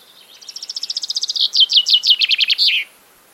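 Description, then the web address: Common chaffinch song: a rapid run of descending notes, then slower, louder phrases closing in a short emphatic flourish. "Deverinetal 2025 File origin Bird Only Fr Co"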